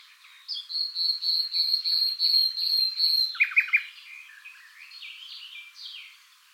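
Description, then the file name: Common nightingale song opening with a series of pure whistled notes repeated evenly, then a quick triple chip and softer varied phrases. "Luscinia megarhynchos"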